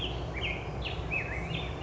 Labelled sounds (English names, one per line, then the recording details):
Black-headed Grosbeak
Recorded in Sonoma County, California